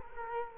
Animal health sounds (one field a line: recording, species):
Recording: mosquito wingbeat signal from an infrared sensor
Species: Culex quinquefasciatus